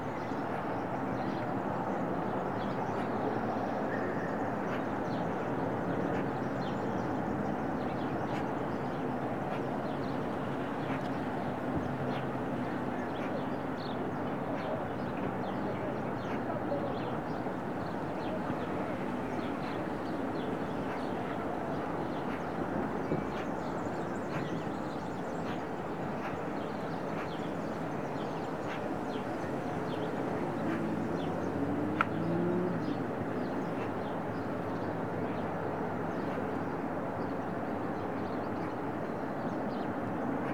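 A daily recording from a studio in the Serra de Collserola natural park, filled with a steady, dense low rumble like distant traffic or an engine that barely changes in level. Faint scattered clicks run throughout, with one slightly sharper knock near 32 seconds.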